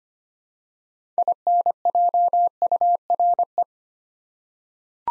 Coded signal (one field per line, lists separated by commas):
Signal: Morse code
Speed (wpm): 25 wpm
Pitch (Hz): 700 Hz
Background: none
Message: INJURE